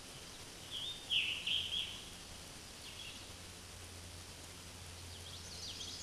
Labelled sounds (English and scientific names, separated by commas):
Scarlet Tanager (Piranga olivacea) song